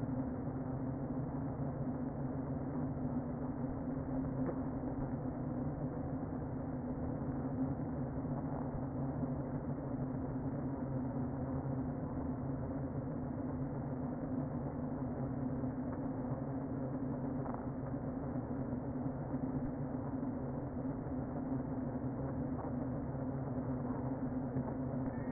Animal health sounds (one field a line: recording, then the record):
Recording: honeybee colony, microphone inside the hive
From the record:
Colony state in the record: queen present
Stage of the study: before two queens were removed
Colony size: about 60,000 bees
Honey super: yes